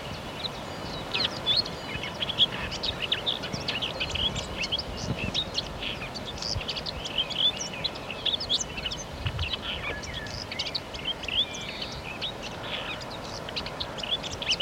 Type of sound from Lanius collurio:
song